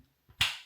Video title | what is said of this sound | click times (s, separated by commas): DJI OSMO POCKET 3 - NEEWER HARD CASE & the MUST-HAVE PROTECTIVE COVER for the DJI OSMO POCKET 3 | and that'll push and click straight in as you'll hear. | 0.4 s